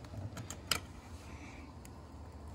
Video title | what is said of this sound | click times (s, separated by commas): BMW 5 Series F07 /// F10 Blower Motor, Cover (repair), Voltage Regulator DIY | in place should click you couldn't hear it it was up against my finger but it clicked | 0.7 s